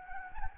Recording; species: mosquito wingbeat signal from an infrared sensor; Anopheles gambiae